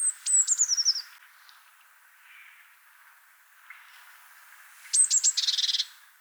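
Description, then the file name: Eurasian blue tit calls: a rapid falling series of high, thin notes, a long quiet gap, then another quick high burst ending in a harsh, buzzy churr. "Cyanistes caeruleus"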